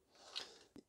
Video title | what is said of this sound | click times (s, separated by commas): How to remove DYSON V7 V8 Vacuum Dust Bin Canister & Cyclone for Cleaning Fix Losing Suction Pulsing | and then snap it in and slide it up and then it should snap in place | 0.4 s